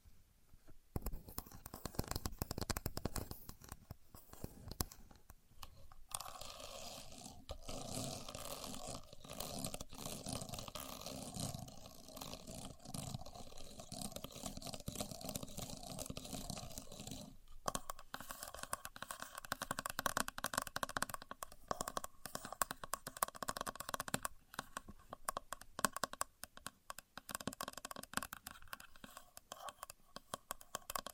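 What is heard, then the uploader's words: A contour gauge being handled, its pins making dense, rattling, scraping clicks that run almost without pause for the whole stretch. The sound is bright and gritty, with a heavier burst near the start and brief gaps around 6 and 17 seconds. Using A Contour Gauge (No Talking).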